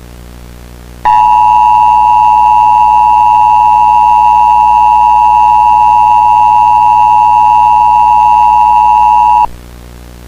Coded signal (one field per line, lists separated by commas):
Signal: Emergency Alert System (SAME) tones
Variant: 853 and 960 Hz attention tone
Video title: EAS Scenario #4: Tornado Trouble: Redux.